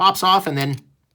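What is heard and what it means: A plastic cap of a Pilot Prera fountain pen is handled near the pen body as someone talks, with faint handling sounds under the voice. The clip ends before the cap is pushed back onto the body, so nothing has seated or clicked yet.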